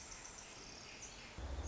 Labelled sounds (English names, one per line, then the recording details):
Pacific Wren
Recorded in Sonoma County, California